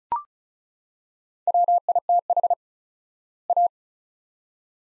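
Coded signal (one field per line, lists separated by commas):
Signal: Morse code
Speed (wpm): 36 wpm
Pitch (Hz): 700 Hz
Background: none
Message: WITH A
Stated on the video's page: Morse practice at 35 wpm sending two-word sets with 4x word spacing, a Farnsworth-like method applied to words; each set is sent, spoken, then sent again.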